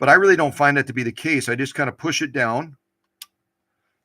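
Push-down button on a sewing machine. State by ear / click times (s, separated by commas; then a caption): seated / 3.2 s. Someone talks while pushing a small button straight down on a 1968 Singer Model 626 "Touch & Sew" sewing machine, rather than down to the left as the manual describes. After the talking stops, one sharp tick is heard at 3.2 seconds as the button locks in place.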